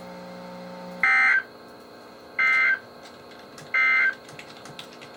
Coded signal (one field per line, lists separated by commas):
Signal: Emergency Alert System (SAME) tones